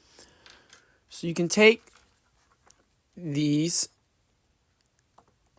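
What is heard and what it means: A swap hand for a plastic action figure is handled before being pushed onto the figure's wrist ball peg. Someone talks while small clicks and taps of handling are heard. Nothing has seated or snapped onto the peg yet.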